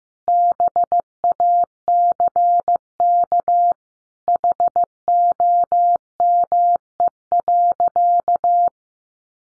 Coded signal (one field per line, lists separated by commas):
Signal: Morse code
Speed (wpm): 15 wpm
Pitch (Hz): 700 Hz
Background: none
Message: BACK HOME.